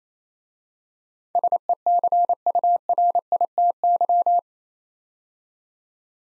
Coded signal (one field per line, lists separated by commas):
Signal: Morse code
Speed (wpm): 27 wpm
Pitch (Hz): 700 Hz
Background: none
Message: SECURITY